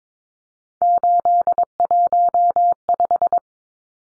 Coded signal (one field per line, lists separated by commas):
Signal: Morse code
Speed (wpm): 22 wpm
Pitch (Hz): 700 Hz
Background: none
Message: 815